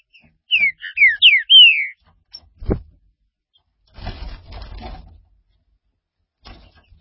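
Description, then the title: Green-winged saltator delivering a quick phrase of several loud, slurred whistles, then a sharp click and bursts of rustling noise. "Trinca Ferro"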